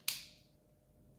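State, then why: Released. A dry-fitted plastic panel is pulled back off a model kit hull, popping out again. A single sharp, bright pop is heard at 0.1 s, followed by a short fading tail and quiet. The panel comes free and is released from the hull.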